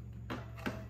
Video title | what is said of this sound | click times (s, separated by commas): Shark IQ Robot Self Empty XL - Unboxing and Setup | it in like that oh yeah so i place it in there bottom like that first and then push it and it snaps into place | 0.7 s